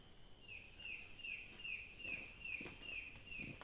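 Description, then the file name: Bird giving rapid, repeated high notes, each dropping quickly in pitch, several in a row, with insect buzz underneath. "SABIOD 50 bird 2015"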